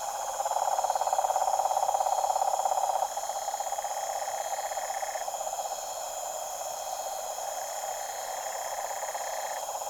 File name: TROPICAL Pond night pure uncanny deep toad chorus LOOPLR